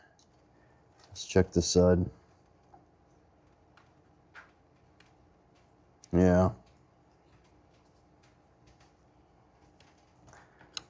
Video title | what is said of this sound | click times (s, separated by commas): 81 Corvette Gets Sound Part 2 | Stripped out. | none